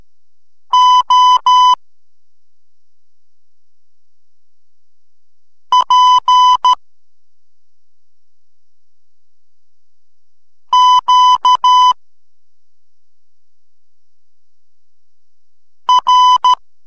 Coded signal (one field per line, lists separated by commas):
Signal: Morse code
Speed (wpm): 13 wpm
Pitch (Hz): 1000 Hz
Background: none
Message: O P Q R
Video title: MORSE CODE TUTOR G8OTA